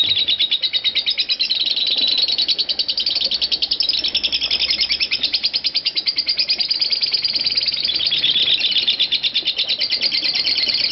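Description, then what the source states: Lovebird chattering continuously in rapid, buzzy high notes that run together, with small surges in loudness along the way. Lovebird singing in the style called konslet.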